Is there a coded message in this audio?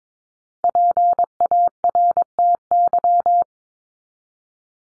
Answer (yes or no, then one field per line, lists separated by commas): yes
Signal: Morse code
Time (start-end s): 0.6-3.4 s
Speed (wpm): 22 wpm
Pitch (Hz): 700 Hz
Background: none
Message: PARTY